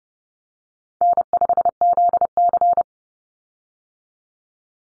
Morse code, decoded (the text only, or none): N5ZC